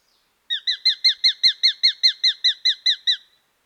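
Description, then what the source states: Sharp-shinned hawk giving a rapid series of high, sharp kik notes, evenly spaced, with no other sounds. Played as a mystery sound.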